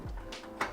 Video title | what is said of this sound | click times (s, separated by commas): How to Build a Gaming PC 2020 - Full Guide w/ Benchmarks | then applying pressure to each of the corners one by one they all snap into place next | 0.6 s